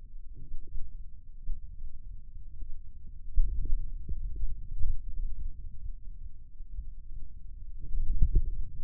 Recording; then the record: forearm muscle sounds (acoustic myography)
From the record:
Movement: hand closing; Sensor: system 2, bracelet of six BSWA MPA416 microphones around the upper forearm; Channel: 3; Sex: male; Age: 22 years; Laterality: right